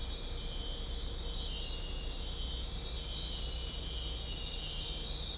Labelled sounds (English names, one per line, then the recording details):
none
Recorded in dense forest near Puerto Asís, Putumayo, Colombia, on 16 December 2024 at 20:30
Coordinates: 0.499, -76.324
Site G045